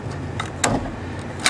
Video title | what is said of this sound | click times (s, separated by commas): OobaTech #8 - How To Do An Oil Change On A 2003 Chevy Avalanche | right, and you could hear the click, hopefully, of the latch of the hood releasing. | 0.6 s